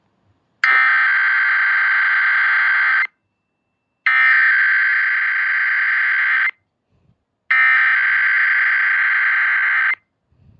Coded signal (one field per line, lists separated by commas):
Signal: Emergency Alert System (SAME) tones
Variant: header bursts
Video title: EAS #26-31: SW ND High Wing Warning,Kansas RMT, Olmsted 911 Outage, DC, VA Amber Alert, & NOAA RWT